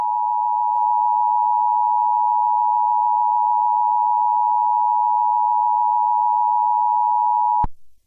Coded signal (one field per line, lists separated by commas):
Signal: Emergency Alert System (SAME) tones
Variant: 853 and 960 Hz attention tone